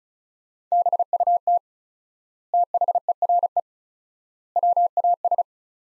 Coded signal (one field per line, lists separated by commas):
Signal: Morse code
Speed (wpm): 34 wpm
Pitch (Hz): 700 Hz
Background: none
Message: BUT THERE WAS